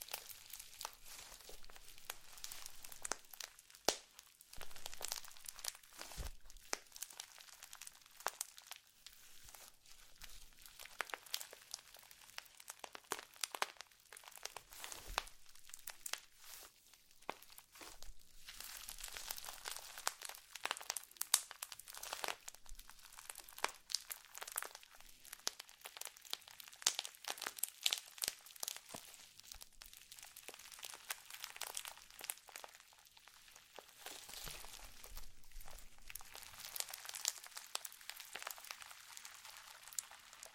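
Slime being squished and played with makes dense, constant crackling and crinkling sounds, bright and mostly high-pitched. Quick clicks and pops come in rapid, irregular bursts for the whole 41 seconds, with slightly busier stretches around the middle and near the end.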